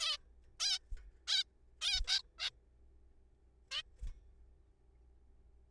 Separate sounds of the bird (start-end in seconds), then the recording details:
0.01-0.17, 0.60-0.79, 1.28-1.44, 1.81-2.00, 2.08-2.22, 2.39-2.50, 3.71-3.82. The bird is a juvenile. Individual R3428